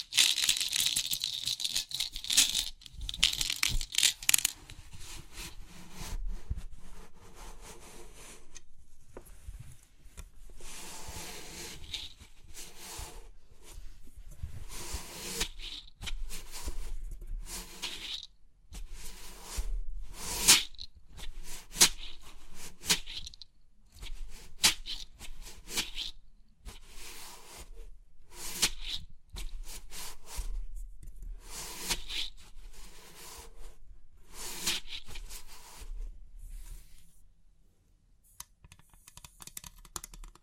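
Crisp 3D pin art tingles: dense rustling, scraping and tapping with frequent sharp bright clicks, fairly steady throughout, easing briefly near 37 seconds.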